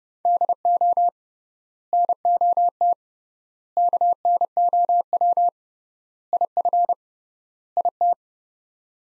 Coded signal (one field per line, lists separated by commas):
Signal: Morse code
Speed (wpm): 31 wpm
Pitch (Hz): 700 Hz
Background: none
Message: DO NOT KNOW IF IT